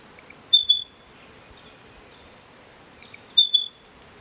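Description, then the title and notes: Spotted pardalote giving two high piping calls, each a quick double note, about three seconds apart over steady faint hiss. Tiny Australian bird filmed in Dayboro near Brisbane, Australia, September 2022. "Filmed this tiny species in Dayboro, near Brisbane, Australia"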